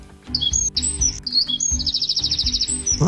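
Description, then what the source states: Eurasian wren song: high, sharp notes followed by a fast rattling trill of rapid repeated notes, over a low background hum. Part of a garden dawn chorus after sunrise; the wren joins the tit about half an hour later.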